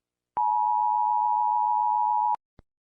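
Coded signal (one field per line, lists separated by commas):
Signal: Emergency Alert System (SAME) tones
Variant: 853 and 960 Hz attention tone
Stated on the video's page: A made-up hockey riots EAS scenario, a fictional alert that would not happen in real life.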